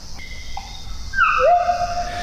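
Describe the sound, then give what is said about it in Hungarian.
A recorded bird call sample, shown as a waveform, of clear whistled notes: a thin, high steady tone, then a louder note that slides downward and holds at a lower pitch, over a soft low rumble. “Itt ez egy hangminta, egy madár.”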